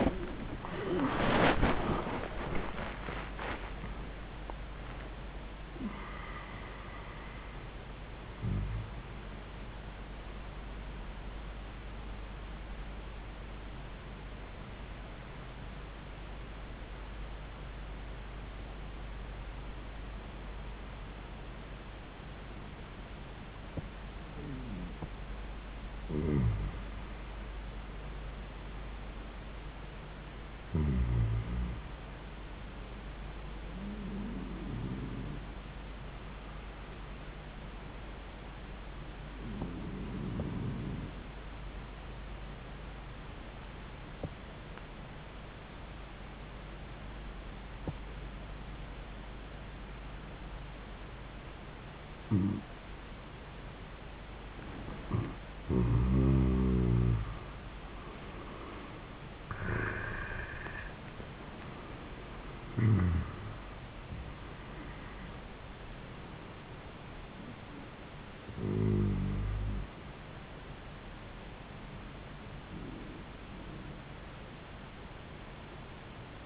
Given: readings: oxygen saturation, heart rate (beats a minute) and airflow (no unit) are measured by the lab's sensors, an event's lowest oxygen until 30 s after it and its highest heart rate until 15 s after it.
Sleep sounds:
breathing in sleep by a voice recorder at the bedside; 2
0.00-27.00 s: awake
15.00-28.10 s: hypopnea (scored as awake, oxygen 98% highest, then 92% lowest, heart rate 104 at the start, 104 highest)
26.00-76.46 s: new sleep stage, N1 (lightest sleep)
43.00-54.30 s: obstructive apnea (N1, oxygen 96% highest, then 83% lowest, heart rate 76 at the start, 88 highest)
From the record:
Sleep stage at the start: awake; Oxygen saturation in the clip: 81 to 98%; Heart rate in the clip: 76 to 116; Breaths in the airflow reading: 11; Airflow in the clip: -20.7 to 18.6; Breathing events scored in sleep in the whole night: 400 in 8.7 hours asleep

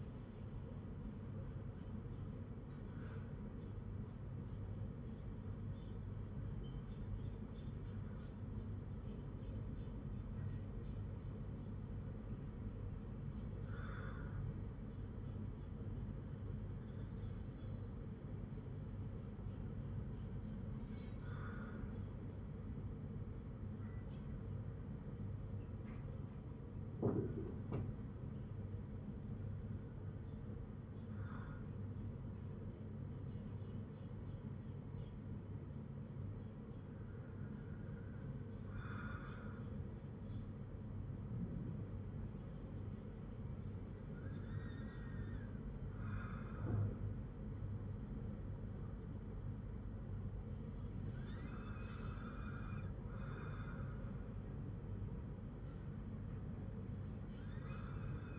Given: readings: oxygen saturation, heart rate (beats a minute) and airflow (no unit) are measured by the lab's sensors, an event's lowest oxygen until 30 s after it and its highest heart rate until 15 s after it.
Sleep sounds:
breathing in sleep by a smartphone at the bedside; none
8.00-38.00 s: new sleep stage, N1 (lightest sleep)
38.00-58.39 s: new sleep stage, N2 (light sleep)
From the record:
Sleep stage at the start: N2 (light sleep); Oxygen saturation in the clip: 95 to 97%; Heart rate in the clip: 54 to 61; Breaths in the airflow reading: 10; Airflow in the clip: -6.3 to 4.1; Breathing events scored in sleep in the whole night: 182 in 7.4 hours asleep

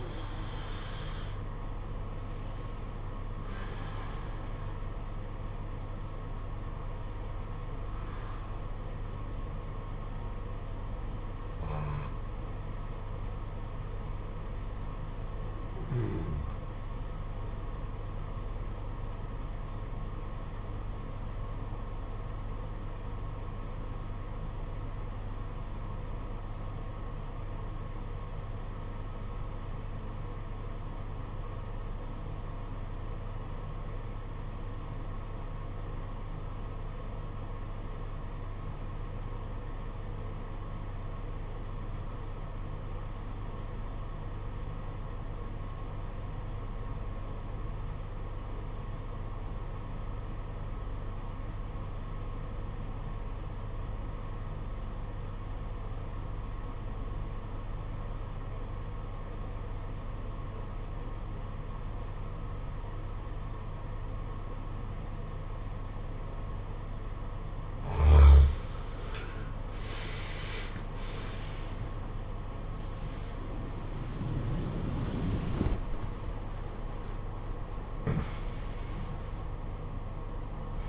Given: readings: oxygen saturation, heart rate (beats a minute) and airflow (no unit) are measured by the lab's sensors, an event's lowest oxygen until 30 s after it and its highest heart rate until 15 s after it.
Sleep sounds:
breathing in sleep by a smartphone at the bedside; 1
17.00-77.00 s: new sleep stage, REM sleep
21.00-68.60 s: obstructive apnea (REM, oxygen 95% highest, then 71% lowest, heart rate 49 at the start, 92 highest)
77.00-80.89 s: new sleep stage, N1 (lightest sleep)
From the record:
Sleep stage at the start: N1 (lightest sleep); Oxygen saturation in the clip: 74 to 95%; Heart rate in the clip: 48 to 92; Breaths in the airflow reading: 7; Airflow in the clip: -18.7 to 17.4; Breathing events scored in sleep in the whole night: 476 in 9.7 hours asleep

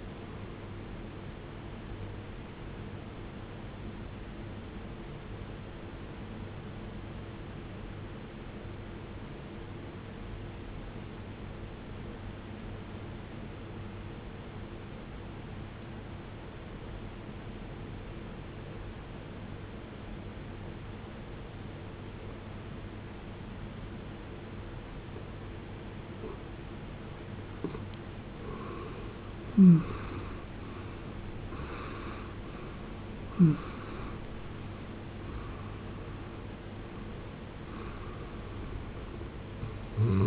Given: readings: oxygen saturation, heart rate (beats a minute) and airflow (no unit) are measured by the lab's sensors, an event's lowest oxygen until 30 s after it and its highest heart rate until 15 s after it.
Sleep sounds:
breathing in sleep by a voice recorder at the bedside; 1
10.00-29.30 s: obstructive apnea (N2, oxygen 93% highest, then 78% lowest, heart rate 62 at the start, 83 highest)
31.00-40.27 s: new sleep stage, N1 (lightest sleep)
From the record:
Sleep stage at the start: N2 (light sleep); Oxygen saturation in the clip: 81 to 93%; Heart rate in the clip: 51 to 83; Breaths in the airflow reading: 5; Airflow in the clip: -19.1 to 20.0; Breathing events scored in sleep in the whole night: 389 in 6.3 hours asleep

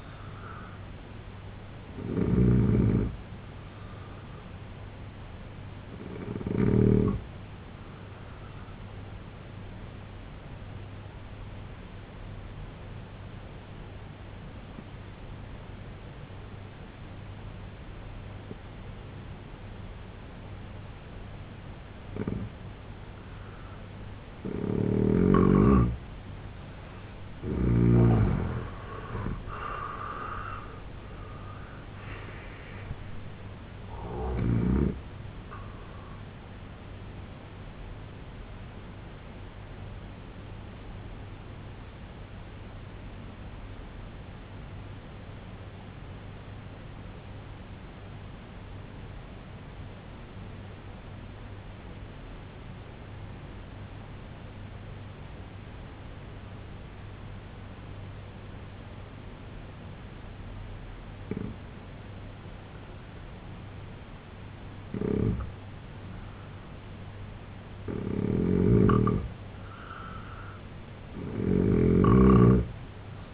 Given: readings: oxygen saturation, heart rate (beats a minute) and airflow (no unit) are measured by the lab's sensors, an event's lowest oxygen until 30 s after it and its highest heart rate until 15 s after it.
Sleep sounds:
breathing in sleep by a voice recorder at the bedside; 2
11.00-27.60 s: obstructive apnea (N2, oxygen 91% highest, then 81% lowest, heart rate 72 at the start, 99 highest)
40.00-62.10 s: obstructive apnea (N2, oxygen 94% highest, then 82% lowest, heart rate 72 at the start, 81 highest)
From the record:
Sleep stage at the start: N2 (light sleep); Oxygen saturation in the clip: 81 to 94%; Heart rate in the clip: 62 to 99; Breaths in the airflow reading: 7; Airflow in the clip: -12.3 to 10.4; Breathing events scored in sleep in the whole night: 258 in 7.4 hours asleep

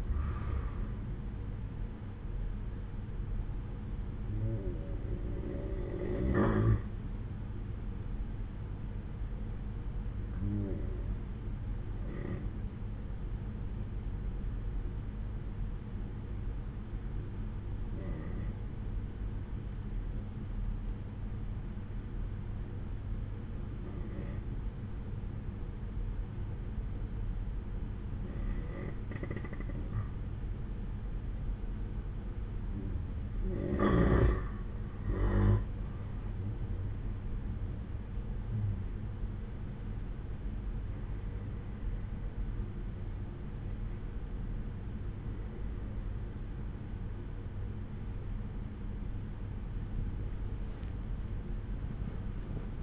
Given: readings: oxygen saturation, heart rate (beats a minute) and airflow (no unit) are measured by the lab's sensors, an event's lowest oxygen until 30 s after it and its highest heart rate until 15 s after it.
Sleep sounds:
breathing in sleep by a smartphone at the bedside; 1
10.00-43.20 s: hypopnea (N2, oxygen 94% highest, then 89% lowest, heart rate 61 at the start, 66 highest)
From the record:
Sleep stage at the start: N2 (light sleep); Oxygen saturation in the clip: 89 to 94%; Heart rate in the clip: 59 to 66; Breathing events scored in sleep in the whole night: 187 in 7.2 hours asleep

